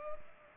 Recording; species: mosquito wingbeat signal from an infrared sensor; Culex pipiens